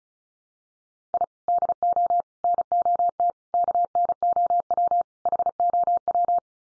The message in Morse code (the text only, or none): I DO NOT KNOW HOW